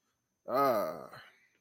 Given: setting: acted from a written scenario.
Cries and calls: vocal sound without words; pride

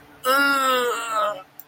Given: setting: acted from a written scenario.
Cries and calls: vocal sound without words; pain

